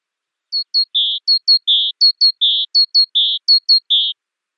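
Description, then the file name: Great tit calling steadily, each phrase a pair of sharp high descending notes and then a harsh, lower buzzy note, repeated about five times. "Parus major"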